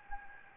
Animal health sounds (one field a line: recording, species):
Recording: mosquito wingbeat signal from an infrared sensor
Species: Anopheles gambiae